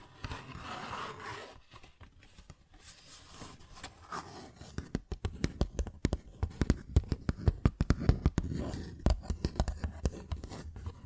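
A paper bag is scratched and rubbed for the first few seconds, giving a soft, rough rustle. From about six seconds the sound turns to quick, crisp taps and crinkles, dense and irregular, with sharp clicks piling up toward the end.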